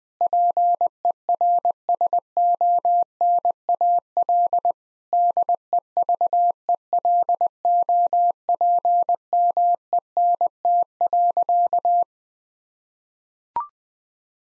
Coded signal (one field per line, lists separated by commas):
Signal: Morse code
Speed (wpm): 21 wpm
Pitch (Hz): 700 Hz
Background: none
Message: PERSONAL DEVELOPMENT.